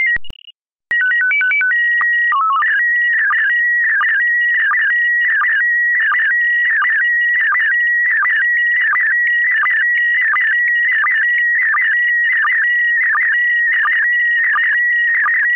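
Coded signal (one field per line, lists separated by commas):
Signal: SSTV (slow-scan television)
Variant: PD 90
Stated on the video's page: Slow scan radio transmission.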